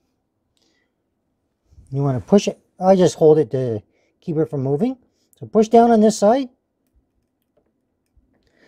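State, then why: Not seated. A DDR5 memory module is lined up in a motherboard DIMM slot on the other side and held steady before being pushed down, while someone talks. The module has not yet seated or clicked into the slot.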